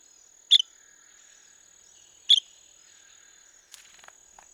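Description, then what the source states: La Sagra's flycatcher uttering two brief, bright call notes about two seconds apart against a constant high-pitched insect drone, followed by faint scratchy sounds. Recorded 17 May 2016.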